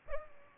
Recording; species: mosquito wingbeat signal from an infrared sensor; Aedes aegypti